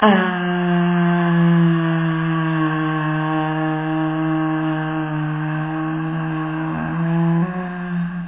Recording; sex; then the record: sustained vowel /a/; female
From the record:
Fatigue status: fatigue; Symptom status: symptomatic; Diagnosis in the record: COVID-19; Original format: 3gp